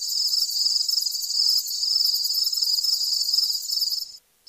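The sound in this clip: Crickets chirping in a steady high-pitched trill with fast pulsing bursts, a fainter lower chirping rhythm beneath, stopping abruptly near the end.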